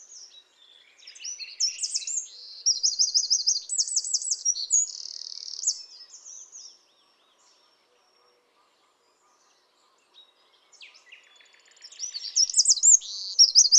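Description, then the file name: Eurasian wren singing a rapid, high, jumbled phrase of sharp notes and quick trills, then a pause of about four seconds before another loud burst begins. "Troglodytes troglodytes"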